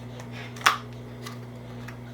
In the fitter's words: pull it up and that locks into place now you can remove the protective cover